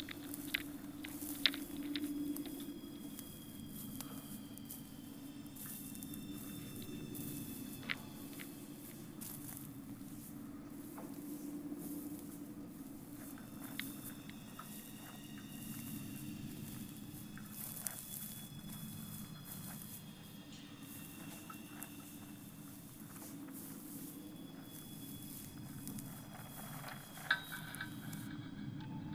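Soft crunching footsteps on moss move along at an unhurried pace over a steady low hum that fills the whole stretch. Thin ringing tones from a metal railing drift in and out, with sharp ticks and clicks scattered throughout, notably near the start and end.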